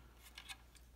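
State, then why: Seated. A 20 V lithium tool battery pack is pushed into a modified 18 V plastic battery shell used as an adapter, and it latches with a sharp click at 0.4 s. A fainter tick follows at 0.8 s, over a steady low hum, and the pack stays locked in place, seated.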